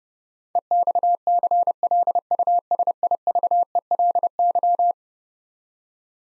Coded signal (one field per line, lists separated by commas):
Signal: Morse code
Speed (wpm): 29 wpm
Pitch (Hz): 700 Hz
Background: none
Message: EXCLUSIVELY